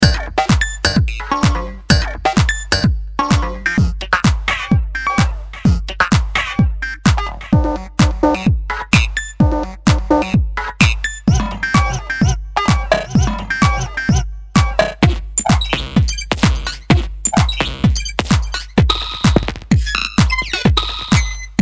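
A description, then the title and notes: Digital glitch effects: a rapid, regular stream of sharp clicks and thumps over a low pulse, with bright buzzy bursts and scattered chirps. Voco FX - Fx Digital Fx Glitch by Cluster Sound Official.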